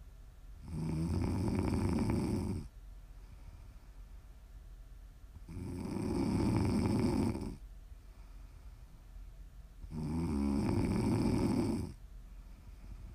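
Regular ASMR snoring from an adult sleeper: three loud, low-pitched rattling snores, each about two seconds long and coming every four to five seconds, with quiet breathing between them. Meant for listening to sleep, relax or wind down.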